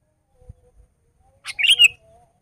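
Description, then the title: Sooty-headed bulbul delivering one short, loud, bubbly warbled phrase after faint low taps. "kutilang"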